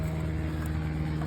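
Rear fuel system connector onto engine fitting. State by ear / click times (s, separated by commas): not seated / none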